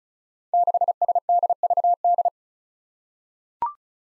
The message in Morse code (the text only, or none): 6SDVD